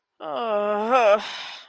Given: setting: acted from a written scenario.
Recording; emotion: vocal sound without words; embarrassment